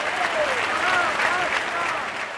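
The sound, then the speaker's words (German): A large crowd at a bullfight applauds the matador steadily in a dense, even wash of clapping, with scattered cheers and whistles rising and falling above it for the whole stretch, as he crouches in the sand facing the bull without a cape. “Schließlich, als der Elan des Stiers schon merklich nachgelassen hat, hockt sich der Matador vor dem Stier ohne Tuch frontal in den Sand und entblößt seine Brust.”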